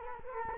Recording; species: mosquito wingbeat signal from an infrared sensor; Culex quinquefasciatus